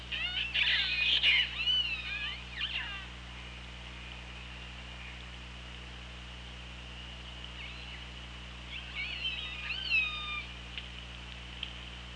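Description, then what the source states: Orca calls, a dense burst of overlapping squealing cries and clicks at the start, a quiet gap, then another cluster of bending calls. Recorded by OrcaLab hydrophone, underwater, on 24 August 2017 at 17:37:14.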